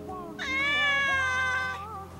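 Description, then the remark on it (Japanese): A large Persian cat named Café au Lait, with pale brown fur and pure white feet, lets out one long, drawn-out meow, steady and fairly high-pitched with a rich, whiny tone, rising briefly before trailing off, over a low, soft background hum. “大きなペルシャ猫が吹っ飛んできて、カレンの足元に体をすり寄せた。”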